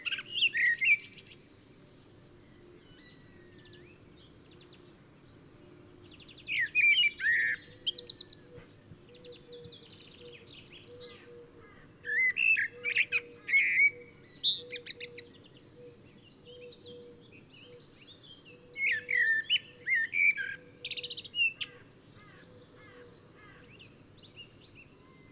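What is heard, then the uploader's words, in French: A blackbird sings its fluted morning song in separate phrases, near the start and then around 7, 12 and 19 seconds, each a rich warble ending in higher twittering notes. Between phrases there are short pauses over a faint, steady low hum. Merle du matin. En ville comme à la campagne, son beau chant flûté résonne très (trop ?) tôt le matin, jusque tard le soir...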